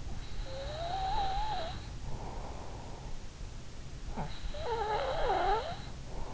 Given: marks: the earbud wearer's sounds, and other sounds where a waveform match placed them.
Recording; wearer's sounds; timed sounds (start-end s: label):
sounds in sleep by an in-ear microphone; breath
0.05-2.40 s: breath
3.77-6.34 s: breath